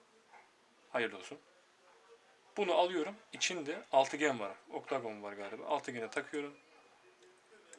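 A small metal hex screwdriver bit is being handled and brought to the bit socket of a MIL-TEC Sturm military tactical pen while someone talks throughout. Nothing has seated or clicked yet; the clip ends just before the bit goes home, with only a faint sharp tick at 7.7 s.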